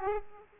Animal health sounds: mosquito wingbeat signal from an infrared sensor; Aedes aegypti

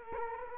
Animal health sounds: mosquito wingbeat signal from an infrared sensor; Culex quinquefasciatus

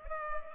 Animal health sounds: mosquito wingbeat signal from an infrared sensor; Culex pipiens

